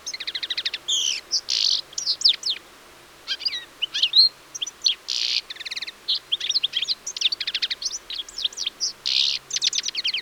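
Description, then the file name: European Goldfinch song, continuous chattering twitter of fast trills, tinkling chirps and buzzy notes. "Carduelis carduelis"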